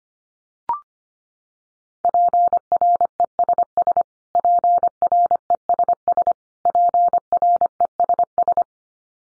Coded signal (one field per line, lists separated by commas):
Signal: Morse code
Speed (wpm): 25 wpm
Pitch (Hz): 700 Hz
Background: none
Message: PRESS PRESS PRESS